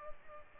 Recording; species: mosquito wingbeat signal from an infrared sensor; Culex pipiens